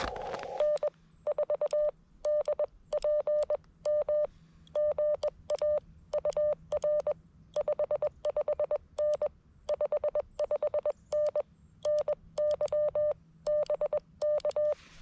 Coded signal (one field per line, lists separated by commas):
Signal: Morse code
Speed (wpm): 20 wpm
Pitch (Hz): 590 Hz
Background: none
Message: N4DPM GA UR 55N 55N NY BK